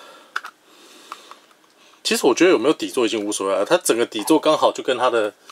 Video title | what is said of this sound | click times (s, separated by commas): 豪宅玩具~1482~(要代替月亮來懲罰你)Q-POSKET大眼公主美少女戰士Sailor Moon月光仙子月野兔希蕾妮蒂公主婚紗婚禮服 | 然后脚这里应该脚就直接扣上去了。 | 0.4 s